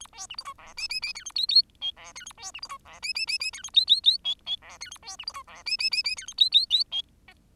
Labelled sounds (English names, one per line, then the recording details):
Bengalese Finch song
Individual Bird10